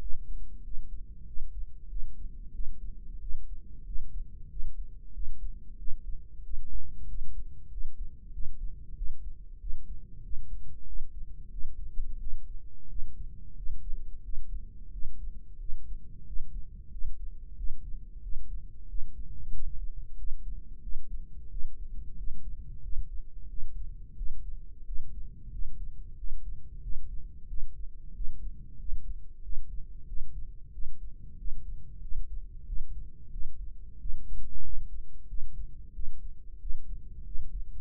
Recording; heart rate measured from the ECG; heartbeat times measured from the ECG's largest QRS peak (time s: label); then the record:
heart sounds by microphone in the right ear; 92 bpm
0.02 s: heartbeat
0.65 s: heartbeat
1.28 s: heartbeat
1.91 s: heartbeat
2.54 s: heartbeat
3.22 s: heartbeat
3.87 s: heartbeat
4.51 s: heartbeat
5.15 s: heartbeat
5.79 s: heartbeat
6.45 s: heartbeat
7.09 s: heartbeat
7.72 s: heartbeat
8.34 s: heartbeat
8.97 s: heartbeat
9.61 s: heartbeat
10.25 s: heartbeat
10.88 s: heartbeat
11.52 s: heartbeat
12.21 s: heartbeat
12.90 s: heartbeat
13.58 s: heartbeat
14.25 s: heartbeat
14.93 s: heartbeat
15.61 s: heartbeat
16.28 s: heartbeat
16.93 s: heartbeat
17.58 s: heartbeat
18.24 s: heartbeat
18.90 s: heartbeat
19.54 s: heartbeat
20.19 s: heartbeat
20.84 s: heartbeat
21.52 s: heartbeat
22.18 s: heartbeat
22.84 s: heartbeat
23.50 s: heartbeat
24.18 s: heartbeat
24.87 s: heartbeat
25.53 s: heartbeat
26.19 s: heartbeat
26.83 s: heartbeat
27.49 s: heartbeat
28.16 s: heartbeat
28.80 s: heartbeat
29.44 s: heartbeat
30.08 s: heartbeat
30.74 s: heartbeat
31.39 s: heartbeat
32.03 s: heartbeat
32.68 s: heartbeat
33.33 s: heartbeat
34.01 s: heartbeat
34.65 s: heartbeat
35.30 s: heartbeat
35.95 s: heartbeat
36.62 s: heartbeat
37.27 s: heartbeat
From the record:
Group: healthy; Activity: rest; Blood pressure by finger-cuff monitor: 142/70 mmHg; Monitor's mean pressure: 91 mmHg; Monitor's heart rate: 91 bpm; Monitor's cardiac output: 8.4 L/min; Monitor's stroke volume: 92 mL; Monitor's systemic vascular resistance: 800 dyn s/cm5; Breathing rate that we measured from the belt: 20 breaths a minute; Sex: male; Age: 21 years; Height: 175 cm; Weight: 72.6 kg